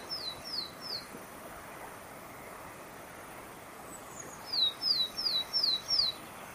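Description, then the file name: Willow tit with three quick high descending whistles, a pause of several seconds, then a steady run of five similar downslurred notes; light background hiss. Recorded at Mittelneufnach on 17 March 2013. "17 03 2013 Weidenmeise Mittelneufnach"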